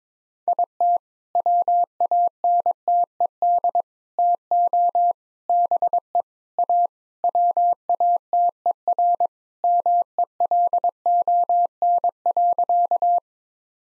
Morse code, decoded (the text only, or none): IT WANTED TO BE A WATERMELON.